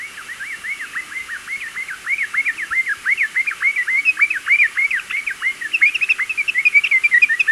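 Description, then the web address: Rufous wren song: a fast, steady series of arched, slurred whistles, repeated several times per second and growing louder and more crowded toward the end. Recorded in Ecuador. "S America Birds of Ecuador. Rufous Wren"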